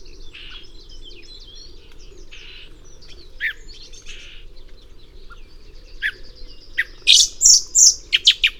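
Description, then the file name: Common blackbird calls: a closing run of several loud, sharp, high notes after a stretch of fainter chirping. "Turdus merula"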